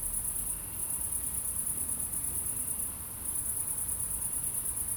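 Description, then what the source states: High cricket trilling, steady apart from short pauses, with a faint low background rumble. Crickets at night in Aveize, France, with cars in the distance; recorded with a DPA-2006c pair in AB position into an SD MixPre-3.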